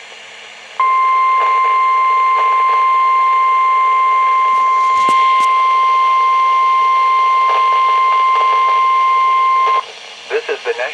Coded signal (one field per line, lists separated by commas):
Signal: Emergency Alert System (SAME) tones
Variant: 1050 Hz attention tone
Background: speech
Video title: WXL52 Weekly Test (5/12/21)(EAS 699)